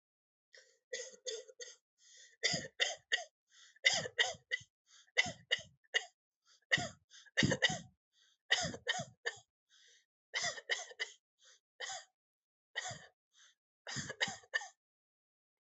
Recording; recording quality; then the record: shallow voluntary cough; excellent, no background noise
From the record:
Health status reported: healthy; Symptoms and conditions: cold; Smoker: not ticked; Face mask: not worn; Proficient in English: yes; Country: India